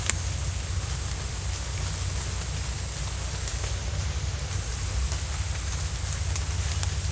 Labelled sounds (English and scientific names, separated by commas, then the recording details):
none
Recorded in dense forest near Puerto Asís, Putumayo, Colombia, on 21 December 2024 at 10:30
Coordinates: 0.468, -76.322
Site G071